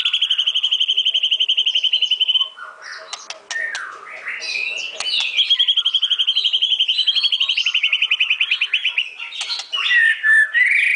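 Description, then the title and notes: White-rumped shama song with long rapid trills held at a steady pitch, broken by whistled slurs, chattering notes and sharp clicks, ending in loud repeated phrases. Masteran song used for training songbirds. "Masteran Murai Batu"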